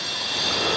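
The handlebar of a 2021 Royal Enfield Classic 350 BS6 in Redditch Red is turned to lock the steering from the ignition switch, with no separate lock needed. Only a steady broadband hiss is heard, slowly growing a little louder, with no sharp clunk. Nothing has seated yet: the steel steering lock bolt has not yet engaged in the steering head.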